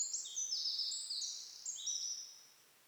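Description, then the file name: Eurasian wren delivering a short, high, tumbling run of rapid trills and sharp notes, fading out after about two and a half seconds. "Troglodytes troglodytes"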